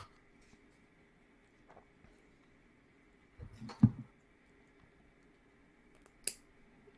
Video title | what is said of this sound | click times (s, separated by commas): Lockdown Lego: Propeller Plane | a satisfying snap mm-hmm | 6.3 s